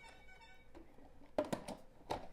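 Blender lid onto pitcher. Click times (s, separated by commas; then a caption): 1.4 s. A plastic lid is lined up by its arrows and pressed down onto a Ninja blender pitcher, with a faint tonal, music-like hum in the first 0.7 seconds. The lid snaps into place with a sharp hit at 1.4 s, seating it on the pitcher, followed by smaller knocks at 1.5, 1.7 and 2.1 s.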